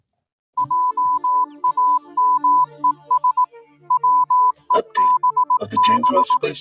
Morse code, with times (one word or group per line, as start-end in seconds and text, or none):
0.6-3.5 JAMES
3.9-6.4 WEBB